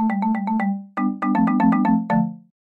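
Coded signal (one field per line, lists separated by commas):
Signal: none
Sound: music app marimba notes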